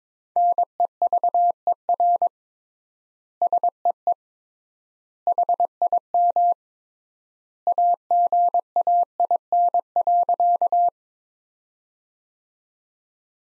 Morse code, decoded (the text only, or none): NEVER SEE HIM AGAIN.